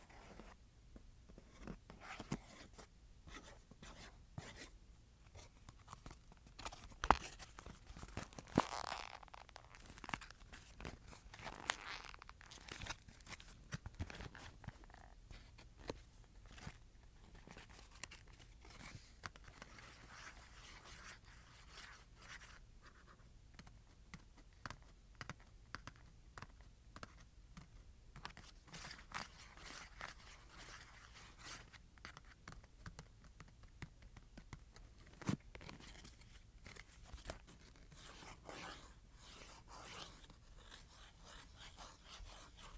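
Scratching and tapping on cardboard, a dense, uneven run of short dry scrapes and taps with no pauses. Bursts of quick scratches alternate with sharper single taps, a few louder knocks near 7, 12 and 35 seconds, and brief crinkling textures throughout.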